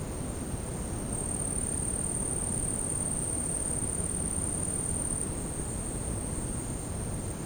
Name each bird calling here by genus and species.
none